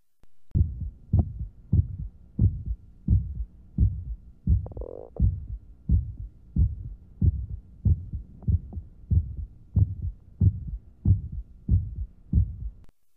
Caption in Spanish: El ápice del corazón, en donde escucharemos un ruido de eyección que es muy cerca del primer ruido cardíaco. Estenosis aórtica. En un joven adolescente.